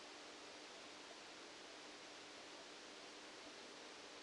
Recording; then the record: brain microelectrode recording played as sound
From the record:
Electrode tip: outside the subthalamic nucleus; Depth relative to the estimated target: 7 mm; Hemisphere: left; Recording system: NeuroSet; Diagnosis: Parkinson's disease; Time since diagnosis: 8 years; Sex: male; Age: 65 years